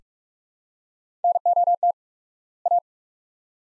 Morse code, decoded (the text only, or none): NOT A